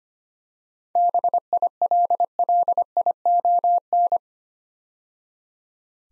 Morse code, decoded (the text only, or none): BILLION